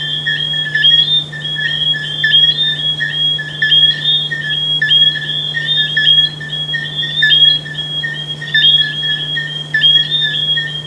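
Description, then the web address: Frogs calling in chorus, sharp high notes repeating and overlapping, with a steady low-pitched hum throughout. "humbot audio frogs"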